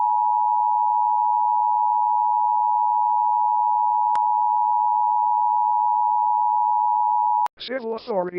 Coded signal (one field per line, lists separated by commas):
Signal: Emergency Alert System (SAME) tones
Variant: 853 and 960 Hz attention tone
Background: speech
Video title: EAS Scenario: G4 Shutdown